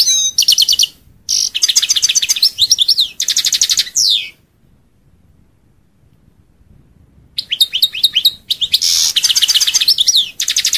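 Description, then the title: European goldfinch singing loud, rapid liquid twitters and buzzy trills in long phrases, broken by a pause of about three seconds before resuming. "Chant Chardonneret"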